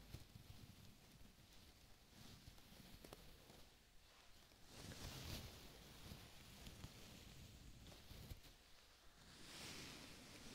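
A head and scalp massage, heard as soft, steady rubbing and rustling with a hiss. The friction swells into louder washing strokes around five seconds and again near the end, with faint taps and scratches scattered throughout.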